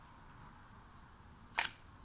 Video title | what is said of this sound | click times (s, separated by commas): Swapping a 5-speed manual behind a first gen Small Block Chevy | that way there it is so it's locked into place ready to go | 1.6 s